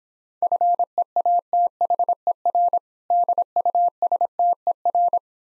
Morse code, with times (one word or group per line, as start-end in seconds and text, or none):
0.4-2.8 FEATHER
3.1-5.2 DUSTER